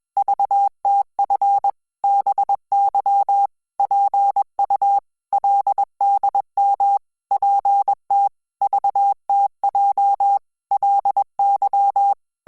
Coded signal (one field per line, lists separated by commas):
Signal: Morse code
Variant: Korean alphabet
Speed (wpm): 21 wpm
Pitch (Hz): 800 Hz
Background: none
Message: 런 데 지 금 저 렇 게